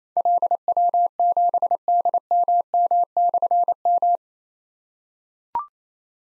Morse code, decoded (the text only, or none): LW7DMM/M